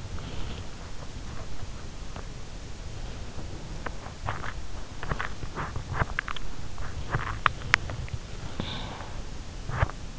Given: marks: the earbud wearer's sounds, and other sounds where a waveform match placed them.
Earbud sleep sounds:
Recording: sounds in sleep by an in-ear microphone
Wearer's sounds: body movement, breath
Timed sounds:
0.00-8.18 s: body movement
8.38-10.19 s: breath

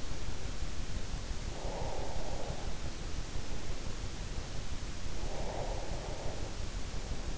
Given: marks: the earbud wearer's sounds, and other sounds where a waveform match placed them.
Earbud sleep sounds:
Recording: sounds in sleep by an in-ear microphone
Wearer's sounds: breath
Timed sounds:
1.23-2.78 s: breath
4.82-7.02 s: breath

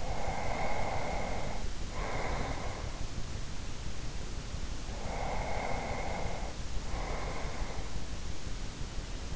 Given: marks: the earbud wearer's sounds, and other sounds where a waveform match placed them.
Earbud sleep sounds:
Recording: sounds in sleep by an in-ear microphone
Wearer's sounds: breath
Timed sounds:
0.00-3.13 s: breath
5.01-8.15 s: breath

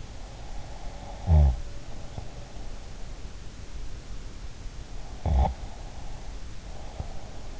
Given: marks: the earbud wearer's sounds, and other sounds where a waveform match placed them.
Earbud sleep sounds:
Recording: sounds in sleep by an in-ear microphone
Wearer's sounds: snoring breath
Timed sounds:
0.42-2.75 s: snoring breath
5.04-7.59 s: snoring breath

